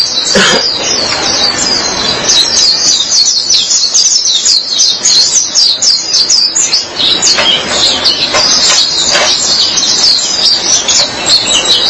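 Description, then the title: White-eye song of energetic, high twittering phrases, continuous and busy, with a few lower brief sounds near the start. "Kicauan Burung Pleci"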